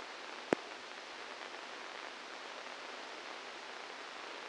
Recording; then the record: brain microelectrode recording played as sound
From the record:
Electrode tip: inside the subthalamic nucleus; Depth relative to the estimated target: 1 mm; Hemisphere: left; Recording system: NeuroSet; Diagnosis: Parkinson's disease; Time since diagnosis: 12 years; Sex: male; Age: 61 years